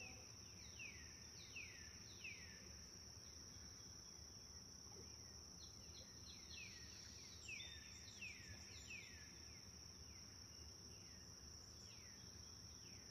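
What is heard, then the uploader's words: Sounds of nature: a steady, high insect drone, like crickets, runs unbroken through the whole stretch. Over it, repeated falling chirps from birds or insects come every second or so. A low, constant rumble sits underneath, suggesting distant wind or traffic. Sounds of Nature.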